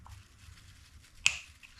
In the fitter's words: snaps right in there you can remove the bag